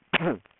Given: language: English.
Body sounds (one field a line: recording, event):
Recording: throat vibration sensor signal played as sound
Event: cough